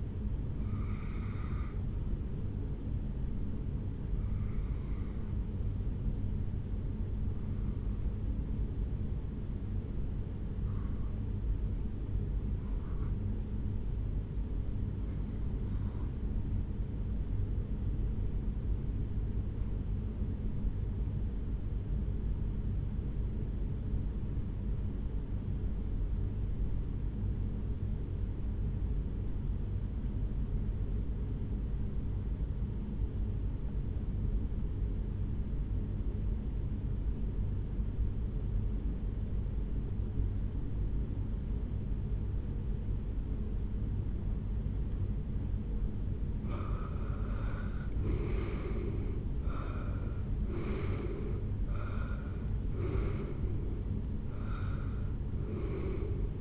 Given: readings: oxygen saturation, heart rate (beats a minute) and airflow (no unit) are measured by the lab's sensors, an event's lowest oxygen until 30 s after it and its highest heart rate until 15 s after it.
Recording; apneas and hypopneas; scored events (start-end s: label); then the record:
breathing in sleep by a smartphone at the bedside; 1
9.00-47.30 s: hypopnea (REM, oxygen 97% highest, then 80% lowest, heart rate 62 at the start, 81 highest)
From the record:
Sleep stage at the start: REM sleep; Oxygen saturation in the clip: 82 to 97%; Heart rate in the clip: 61 to 81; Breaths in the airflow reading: 7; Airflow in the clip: -12.6 to 7.3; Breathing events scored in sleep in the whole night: 449 in 7.0 hours asleep